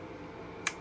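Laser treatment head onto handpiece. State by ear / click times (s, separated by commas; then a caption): seated / 0.7 s. A laser treatment head is pushed onto its handpiece and turned. Over a low, steady background, a single sharp, bright click sounds at 0.7 s as the head locks in place. The head is confirmed seated and locked onto the handpiece.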